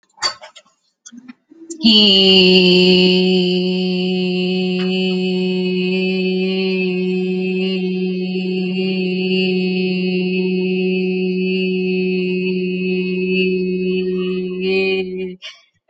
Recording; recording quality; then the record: sustained vowel as in beet; moderate, slight background noise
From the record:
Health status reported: healthy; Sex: female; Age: 23 years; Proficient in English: yes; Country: India